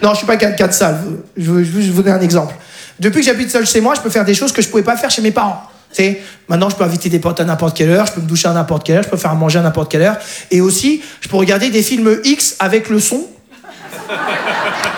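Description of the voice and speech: An adult man who stutters performs stand-up on stage, speaking French in a fluent, steady flow broken by repeated word starts and a stretched sound, typical of stuttering.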